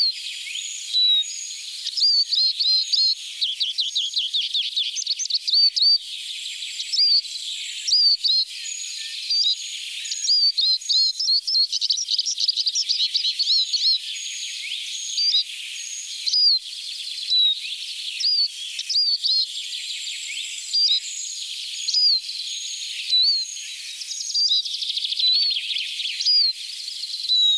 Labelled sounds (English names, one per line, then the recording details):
Eurasian Siskin song
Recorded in the wild
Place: Kandel /Schwarzwald; Waldkirch, Baden-Württemberg, DE
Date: 1985-05-15
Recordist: Schwarz, Dieter
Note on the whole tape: Song